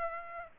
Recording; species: mosquito wingbeat signal from an infrared sensor; Aedes aegypti